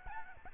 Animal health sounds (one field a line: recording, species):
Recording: mosquito wingbeat signal from an infrared sensor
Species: Aedes albopictus